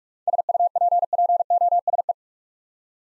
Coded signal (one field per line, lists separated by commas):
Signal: Morse code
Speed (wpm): 44 wpm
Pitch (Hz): 700 Hz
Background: none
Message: SUPPOSE